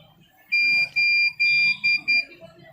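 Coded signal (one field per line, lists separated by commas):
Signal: beep code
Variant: DVR continuous alarm beep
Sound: repeating high-pitched electronic beeps, about five in two seconds, continuous alarm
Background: faint room noise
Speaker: देखिए य जो बीप साउंड है दोस्तों आपको कभी भी जो है आपके डीवीआर से बीप साउंड आता है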